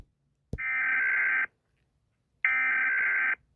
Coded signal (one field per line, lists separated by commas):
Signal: Emergency Alert System (SAME) tones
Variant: header bursts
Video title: reacting to eas alarms animated series 1-5 original